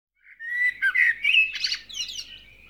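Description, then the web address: Bird song: a short, rich warbling phrase of whistled and chattering notes, rising into brighter trills before fading, with no other clear sounds. Dawn chorus of birds. "KMP Film Video Sound Effects. Vogels - Ochtendkoor"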